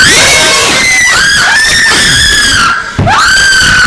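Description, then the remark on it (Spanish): Several girls scream in fright at once during a spirit board session, loud shrill overlapping shrieks that rise and waver, with a brief gap before a fresh burst of high-pitched screaming. “Tranquilas, tranquilas, muchachas. Tienen que tranquilizarse. Si gritan, el espíritu no se irá jamás.”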